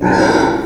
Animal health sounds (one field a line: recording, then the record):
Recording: squeal of a Yucatan mini pig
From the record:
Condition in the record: before surgery on the right vocal fold (resection and tissue-engineered implant)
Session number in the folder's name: 1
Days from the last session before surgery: -21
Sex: female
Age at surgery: 19 weeks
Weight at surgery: 25 kg